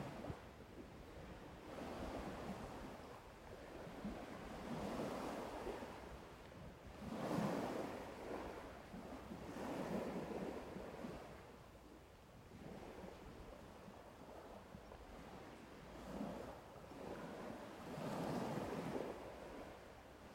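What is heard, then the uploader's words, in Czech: Sea waves surge and recede in a steady rhythm, swells cresting every few seconds over a constant rushing wash with wind rumbling underneath. ZVUKY MOŘE.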